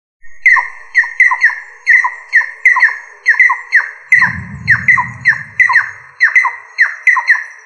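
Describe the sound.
Rail giving a long series of sharp, repeated squeaky calls, each with a lower tail; a low rumble midway.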